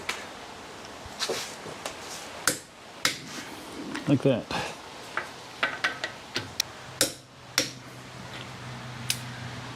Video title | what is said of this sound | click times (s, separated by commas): Tire rotation on my Tesla Model 3 - 10,000 miles - Washer fluid | should hear a click like | 2.5 s, 3.1 s